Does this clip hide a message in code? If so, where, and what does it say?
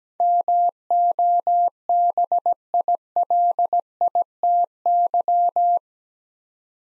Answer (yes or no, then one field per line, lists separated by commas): yes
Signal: Morse code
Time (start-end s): 0.2-5.8 s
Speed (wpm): 17 wpm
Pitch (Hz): 700 Hz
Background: none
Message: MOBILITY